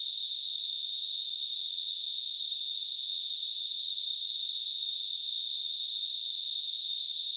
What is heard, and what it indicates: Tinnitus.